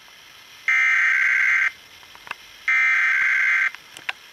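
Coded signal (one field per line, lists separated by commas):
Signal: Emergency Alert System (SAME) tones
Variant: header bursts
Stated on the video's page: Required Monthly Test from an FM public radio station, with no interruption between the first header and normal broadcast.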